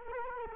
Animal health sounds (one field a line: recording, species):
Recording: mosquito wingbeat signal from an infrared sensor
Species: Culex quinquefasciatus